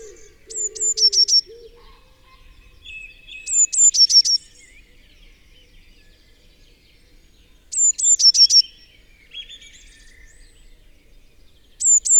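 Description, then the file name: Eurasian blue tit song: high drawn notes running into a quick, slightly lower trill, repeated about every four seconds; a low soft warble and other faint chirps are heard early on. "Cyanistes caeruleus"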